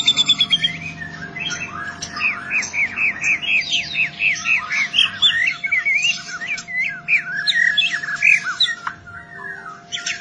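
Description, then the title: White-rumped shama song, a continuous chattering run of quick, varied slurred notes and twitters, with a steady hum behind it. Song used for training caged birds. "MASTERAN MURAI BATU LABAIK"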